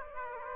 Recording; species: mosquito wingbeat signal from an infrared sensor; Aedes aegypti